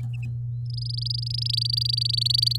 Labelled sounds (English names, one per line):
Domestic Canary song